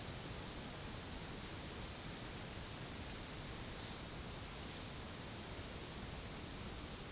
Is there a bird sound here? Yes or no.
no